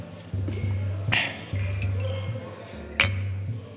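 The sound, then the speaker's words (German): Glasses clink together in a toast, two bright, sharp chinks about two seconds apart, heard over a steady low hum of voices or background sound. “Prost. Prost.”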